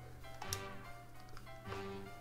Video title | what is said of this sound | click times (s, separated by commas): Rolleicord Model II der Firma Franke & Heidecke - Und sie funktioniert heute noch #044 | hat das eingerastet wir seh jetzt kann ich das nicht mehr bewegen | 0.5 s